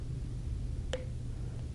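A plastic two-chamber piece of a CPAP device is screwed back together, its threaded chamber turning onto the mating chamber against a low, steady background hum. A small, sharp click sounds at 0.9 s, showing the piece has seated on the first screw-together and is set.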